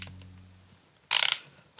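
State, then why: Stripped. A ratchet works a bolt in the case thread of a KTM 350 motorcycle engine: after a faint low hum, a quick burst of sharp ratcheting clicks runs from about 1.1 to 1.4 seconds, followed by a small tick near 1.8 seconds. Nothing has seated or clicked home; the case bolt thread strips out while being ratcheted, and a helicoil repair is planned.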